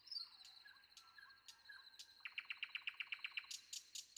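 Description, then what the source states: Common nightingale song: thin whistles, then a rapid run of sharp repeated notes. Sung before dawn.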